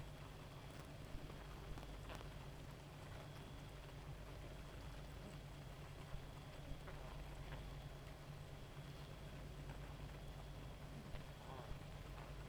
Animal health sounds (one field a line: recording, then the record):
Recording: honeybee colony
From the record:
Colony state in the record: active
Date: 28 July 2017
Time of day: 1:40